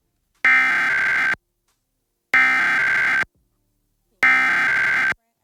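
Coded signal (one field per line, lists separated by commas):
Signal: Emergency Alert System (SAME) tones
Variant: header bursts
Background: speech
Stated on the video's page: Ohio Required Monthly Test issued by civil authority and relayed on a TV station at 3:48 AM EST, effective for one hour.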